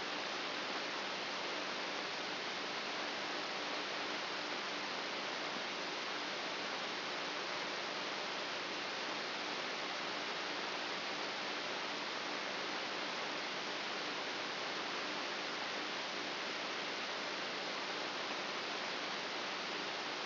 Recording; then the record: brain microelectrode recording played as sound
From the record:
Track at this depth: inside the subthalamic nucleus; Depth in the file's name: 4.64 mm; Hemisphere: right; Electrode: 2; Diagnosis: Parkinson's disease